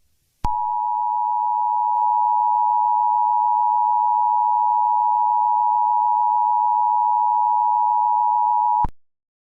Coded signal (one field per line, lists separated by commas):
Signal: Emergency Alert System (SAME) tones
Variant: 853 and 960 Hz attention tone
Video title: EAS Scenario | Piglin Attack (#95)